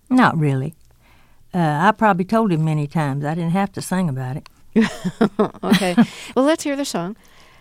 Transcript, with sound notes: Not really. I probably told him many times. I didn't have to sing about it.
(Laughter) OK, well, let's hear the song.